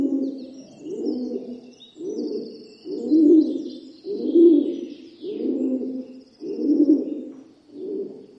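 Rock pigeon coos, deep guttural pulses repeated about once a second, loudness rising and falling, with soft chirping above.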